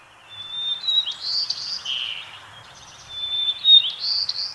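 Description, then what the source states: White-throated Sparrow practice song: high whistled notes, wavering and broken into shaky, uneven phrases. First-year bird practicing its song, messing up over and over until it gets it right.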